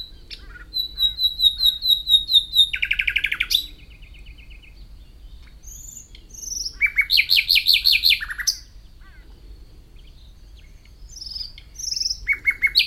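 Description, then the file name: Common nightingale song: high whistled notes and a quick, rattling trill, later a dense buzzy burst of pulses, then a fresh rapid repeated phrase. "Luscinia megarhynchos"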